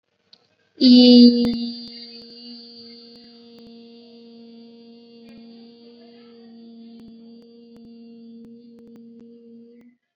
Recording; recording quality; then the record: sustained vowel as in beet; excellent, no background noise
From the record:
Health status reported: COVID-19 positive, no symptoms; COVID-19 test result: positive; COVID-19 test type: RT-PCR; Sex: female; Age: 18 years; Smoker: no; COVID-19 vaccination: both doses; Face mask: worn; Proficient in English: yes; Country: India